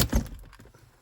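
The button on a plastic automatic gear selector knob from a BMW (E60, E90, E70) is pressed and the knob is pulled up off the selector lever. A sharp crack at 0.0 s marks the knob popping free, followed by a louder thump around 0.1 s and a few fading knocks. The knob comes off the shifter lever.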